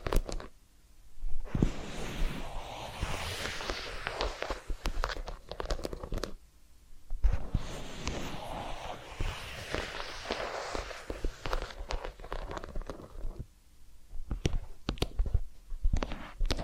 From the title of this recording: Massage, Ear Cleaning and Spa